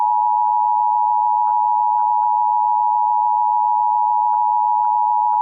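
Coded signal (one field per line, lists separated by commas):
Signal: Emergency Alert System (SAME) tones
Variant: 853 and 960 Hz attention tone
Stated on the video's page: New Jersey monthly required test relayed over broadcast stations; half the stations failed to relay and those that did relayed it with errors.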